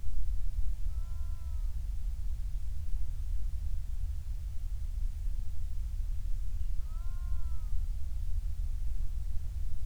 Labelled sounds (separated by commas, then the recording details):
loon
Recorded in the Prudhoe Bay oil fields, Alaska, on 28 July 2019 at 05:28
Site 25